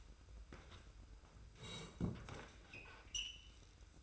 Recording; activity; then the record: daily activity, microphone in the room; sit down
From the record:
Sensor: 2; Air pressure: 990.4 hPa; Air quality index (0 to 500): 182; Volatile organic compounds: 1000 ppm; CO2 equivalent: 5806 ppm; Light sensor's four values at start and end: 29/64/27/27 and 26/62/25/25